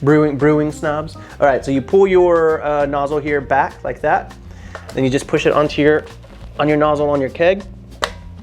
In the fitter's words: push it down you'll hear a click it's that easy